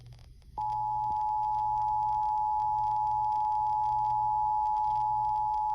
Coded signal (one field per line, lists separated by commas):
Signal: Emergency Alert System (SAME) tones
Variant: 853 and 960 Hz attention tone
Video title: SVR on 104.1 WIKY-FM (EAS #106)